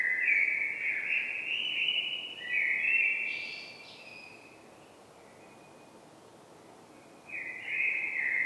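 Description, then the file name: Common blackbird singing two low, rich warbled phrases back to back, the second ending in a high thin twitter, followed by silence and then a third phrase. "Turdus merula"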